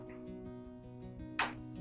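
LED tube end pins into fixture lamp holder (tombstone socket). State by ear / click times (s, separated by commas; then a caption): seated / 1.4 s. An LED tube's end pins are guided into the fluorescent fixture's lamp holder (tombstone socket) and turned or pushed until it locks. Under steady music, one sharp, short click sounds at 1.4 s as the tube seats in place.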